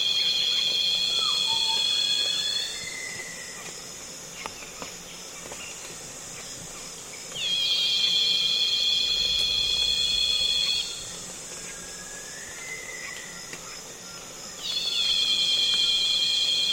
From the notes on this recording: Loud cicadas calling on a calm afternoon in the Congo basin rainforest, accompanied by other insects flying and buzzing close to the mics.